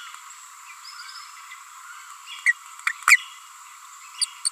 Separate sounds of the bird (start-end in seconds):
2.46-2.52, 2.86-2.92, 3.09-3.16, 4.21-4.25, 4.45-4.49